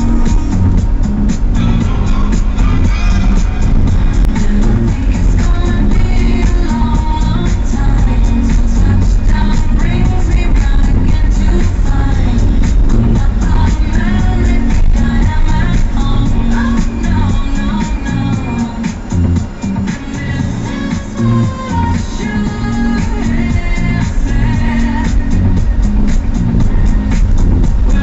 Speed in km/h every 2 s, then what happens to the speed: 17, 17, 17, 17, 18, 18, 19, 13, 9, 2, 5, 11, 15, 17.
0-12 steady at about 17. 12-17 slows to 2. 19-28 pulls away to 17.